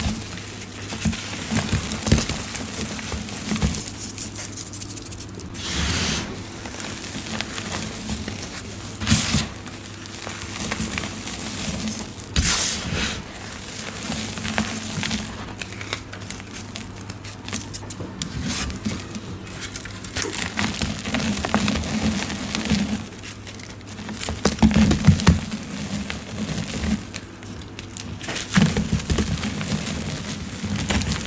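Reformed gym chalk and black iron oxide powder being crushed, with crumbly crunching and soft crackling running through the whole clip. Sharper bursts of crunching stand out around 6, 9, 12–13 and 25 seconds over a steady low hum underneath.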